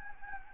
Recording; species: mosquito wingbeat signal from an infrared sensor; Anopheles gambiae